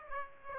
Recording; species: mosquito wingbeat signal from an infrared sensor; Aedes aegypti